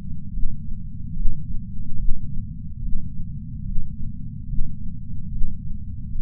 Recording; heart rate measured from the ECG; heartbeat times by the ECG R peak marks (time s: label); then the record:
heart sounds by patch sensor on the chest; 72 bpm
0.30 s: heartbeat
1.12 s: heartbeat
1.96 s: heartbeat
2.78 s: heartbeat
3.62 s: heartbeat
4.45 s: heartbeat
5.28 s: heartbeat
6.12 s: heartbeat
From the record:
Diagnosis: coronary artery disease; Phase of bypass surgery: intraoperative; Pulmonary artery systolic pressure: 14 mmHg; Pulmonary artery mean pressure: 10 mmHg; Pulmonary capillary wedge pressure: 9 mmHg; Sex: female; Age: 74 years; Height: 160 cm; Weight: 64 kg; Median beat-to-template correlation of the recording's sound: 0.90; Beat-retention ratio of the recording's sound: 0.99